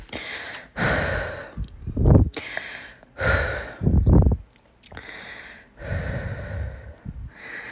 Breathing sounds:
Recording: deep breathing after running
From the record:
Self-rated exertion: moderate exertion (3 of 6)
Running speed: 5 miles an hour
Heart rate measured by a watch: 171 beats a minute at the start, 166 at the end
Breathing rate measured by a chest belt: 30 breaths a minute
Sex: female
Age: 18 years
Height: 171 cm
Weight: 75 kg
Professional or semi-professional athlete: no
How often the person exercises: 1 to 2 times a week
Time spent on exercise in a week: under 1 hour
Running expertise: no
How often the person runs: 1 to 2 times a week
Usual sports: running, fencing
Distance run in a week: 3 km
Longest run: 21.3 km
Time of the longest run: 190 minutes

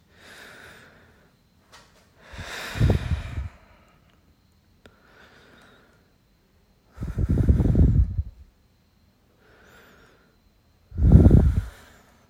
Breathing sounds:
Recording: deep breathing after running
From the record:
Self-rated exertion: light exertion (2 of 6)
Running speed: 6 miles an hour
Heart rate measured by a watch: 107 beats a minute at the start, 104 at the end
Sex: male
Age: 23 years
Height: 172 cm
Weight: 64 kg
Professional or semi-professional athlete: yes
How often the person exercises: 3 to 5 times a week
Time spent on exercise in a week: 2 to 3 hours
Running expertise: no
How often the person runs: 1 to 2 times a week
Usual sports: running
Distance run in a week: 15 km

